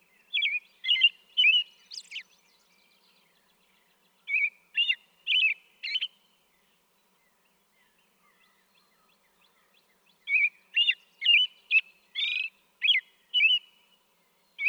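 American robin caroling in three bouts of quick whistled phrases separated by quiet gaps, with a thin high note mixed in.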